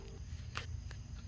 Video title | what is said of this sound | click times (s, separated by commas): How to Replace Complete Rail Assembly on Winnebago HWH StoreMore Flat Floor Slide Out Room | okay that worked out pretty smooth got it snapped in place so | 0.6 s